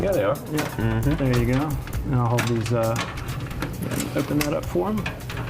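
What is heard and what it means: Someone talks while a RAM stick is handled beside a motherboard memory slot, with its retaining clips being held open so the module can go in. Nothing has seated or clicked yet.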